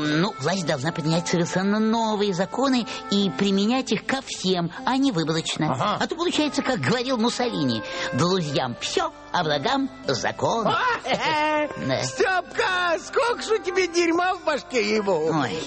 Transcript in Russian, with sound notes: Ну, власть должна принять совершенно новые законы и применять их ко всем, а не выборочно. А то получается как говорил Муссолини: «Друзьям – все, а врагам – закон».
(смеется) Степка! Сколько ж у тебя дерьма в башке, ей-богу!